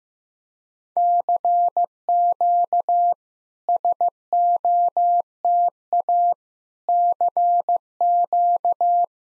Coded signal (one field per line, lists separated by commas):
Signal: Morse code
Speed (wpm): 16 wpm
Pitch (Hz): 700 Hz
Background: none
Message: CQ SOTA CQ